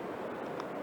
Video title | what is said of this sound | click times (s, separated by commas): EF Extra NG Latch Repair | get it to snap in and you can hear it click | 0.6 s